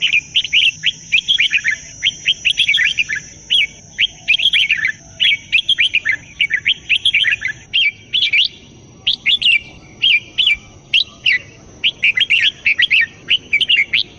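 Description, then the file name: Bulbul giving many short, lively warbled phrases of fluty notes in quick succession, with a steady high thin whine running underneath throughout. "suara kutilang jambul"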